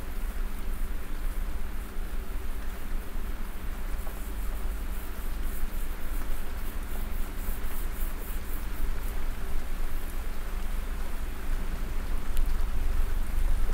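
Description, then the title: Domestic cat purring as a steady low rumble, with soft rustling and faint high hiss throughout. Cat purring while snuggling. "Cat Snuggles REAL PURRING"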